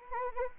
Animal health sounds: mosquito wingbeat signal from an infrared sensor; Anopheles arabiensis

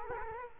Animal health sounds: mosquito wingbeat signal from an infrared sensor; Culex quinquefasciatus

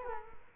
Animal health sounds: mosquito wingbeat signal from an infrared sensor; Culex quinquefasciatus

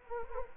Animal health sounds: mosquito wingbeat signal from an infrared sensor; Anopheles arabiensis

